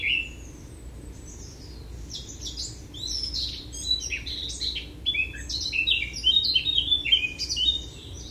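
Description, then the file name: Eurasian blackcap song building from a few scattered notes into a continuous, lively warble of chattering and whistled notes that grows louder toward the end. "Sylvia atricapilla"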